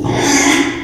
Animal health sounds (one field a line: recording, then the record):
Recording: squeal of a Yucatan mini pig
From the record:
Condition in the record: after surgery on the right vocal fold (resection and tissue-engineered implant)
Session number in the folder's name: 3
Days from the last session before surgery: 33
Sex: male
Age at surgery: 12 weeks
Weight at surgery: 13 kg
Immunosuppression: cyclosporine, prednisolone